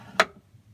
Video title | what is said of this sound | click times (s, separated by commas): Camperized 2018 Sprinter 144WB, High Roof, 4x4 | you can kind of hear it click into place holds it pretty good | 0.2 s